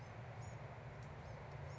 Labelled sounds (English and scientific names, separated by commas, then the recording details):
Bewick's Wren (Thryomanes bewickii)
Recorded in Sonoma County, California